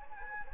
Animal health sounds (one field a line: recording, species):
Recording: mosquito wingbeat signal from an infrared sensor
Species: Anopheles gambiae